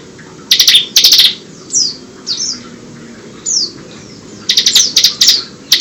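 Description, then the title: Bird song, short buzzy bursts and clear descending whistled slurs, high pitched, with quiet gaps between phrases. "SuaraBurung Kicau"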